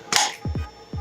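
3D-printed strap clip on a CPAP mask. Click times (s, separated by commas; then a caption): 0.2 s. A 3D-printed plastic clip prototype is snapped onto the strap of a CPAP mask, giving one sharp, bright click at 0.2 s. It is followed by a few soft, low thumps. The clip seats firmly with a perfect fit and is also easy to remove.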